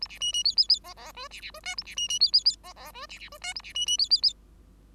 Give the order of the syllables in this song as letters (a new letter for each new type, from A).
A B C C D D D E E F B B F G A B C C D D D E E F B B F G A B C C D D D